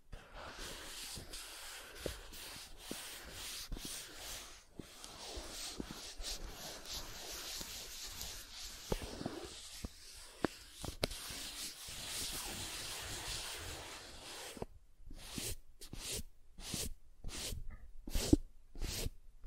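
Soft tracing on smooth and rough surfaces: a continuous, airy scratching and brushing that rises and falls in strokes, dense through the first fifteen seconds. After that it breaks into short separate swipes about every half second, with quiet gaps between them.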